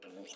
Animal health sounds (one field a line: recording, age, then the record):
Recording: pig call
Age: piglet (1 to 25 days)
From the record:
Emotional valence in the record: negative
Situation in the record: restrain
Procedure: in the arms of a person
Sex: male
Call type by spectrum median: low-frequency call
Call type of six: low-frequency stable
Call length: 0.37 s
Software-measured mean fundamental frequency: 54 Hz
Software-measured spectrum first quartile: 443 Hz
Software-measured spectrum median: 1779 Hz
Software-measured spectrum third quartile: 4528 Hz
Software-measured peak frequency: 479 Hz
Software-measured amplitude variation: 109 dB a second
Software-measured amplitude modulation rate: 17.7 a second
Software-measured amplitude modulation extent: 6.2 dB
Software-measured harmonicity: 2.5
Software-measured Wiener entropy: -2.52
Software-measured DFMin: 945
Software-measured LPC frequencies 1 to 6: 488, 1371, 2886, 4358, 6072, 7215 Hz